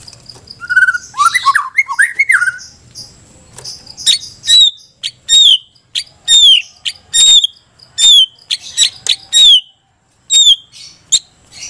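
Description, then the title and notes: White-rumped shama song: opening jumble of varied whistles, then loud, sharp, downslurred high notes repeated at short, uneven intervals. Masteran (tutor) recording for training cage birds. "Masteran Murai Batu"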